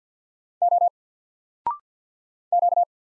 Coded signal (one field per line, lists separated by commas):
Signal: Morse code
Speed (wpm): 50 wpm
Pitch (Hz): 700 Hz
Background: none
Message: O Q